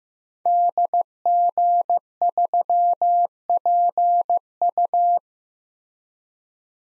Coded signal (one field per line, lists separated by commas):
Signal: Morse code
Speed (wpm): 15 wpm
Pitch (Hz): 700 Hz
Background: none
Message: DG3PU